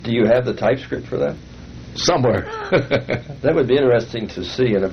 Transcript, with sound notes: Do you have the typescript for that? Somewhere! [laughter] That would be interesting to see.